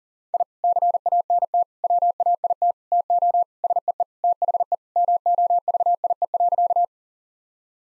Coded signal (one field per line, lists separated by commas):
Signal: Morse code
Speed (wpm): 40 wpm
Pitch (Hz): 700 Hz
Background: none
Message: I CANT WAIT TO SEE THE MOVIE.